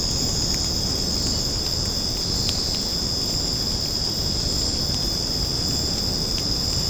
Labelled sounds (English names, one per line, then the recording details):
none
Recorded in secondary vegetation near Puerto Asís, Putumayo, Colombia, on 19 March 2025 at 22:30
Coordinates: 0.481, -76.318
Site G097